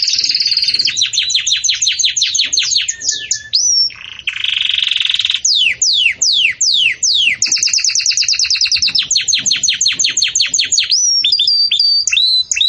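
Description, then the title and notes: Canary song, a long varied warble of fast repeated downslurred notes, buzzy trills and high whistles, nearly continuous with only brief pauses. Belgian canary song for training young birds; song style 'campainha' (bell-like). "Canto Do Canário Belga Campainha Para Encarte De Filhotes. CANARIO"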